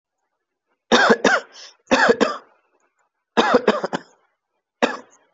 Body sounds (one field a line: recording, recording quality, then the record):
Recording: shallow voluntary cough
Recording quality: excellent, no background noise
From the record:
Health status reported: COVID-19 positive, mild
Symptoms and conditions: sore throat, loss of smell and taste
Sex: male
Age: 24 years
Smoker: not ticked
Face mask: not worn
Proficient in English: yes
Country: India